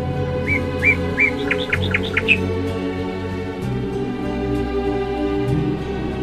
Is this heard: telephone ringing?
no